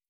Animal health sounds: hydrophone in a shrimp aquaculture tank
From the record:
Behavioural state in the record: starved

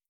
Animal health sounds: hydrophone in a shrimp aquaculture tank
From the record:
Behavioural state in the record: starved

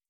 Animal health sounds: hydrophone in a shrimp aquaculture tank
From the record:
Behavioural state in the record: starved

